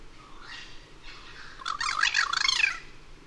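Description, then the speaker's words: Cuban Crow giving a rapid, chattering run of raspy, gurgling notes that builds into a dense, squawking burst, with a soft steady hiss behind. One of two birds, other in background, overlapping duet; 05:37, 18 Feb 2004, Cayoguam east of Moa; overcast, 26°C; perched 15 m up in dead snag; bowing, neck extended, bill open; stereo Telinga DAT. "Vocalizations from one of two Cuban Carreros. Second bird can be heard in the background."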